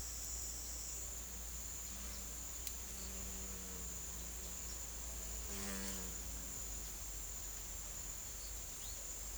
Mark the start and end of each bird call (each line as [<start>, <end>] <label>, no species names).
[8.71, 9.01] bird call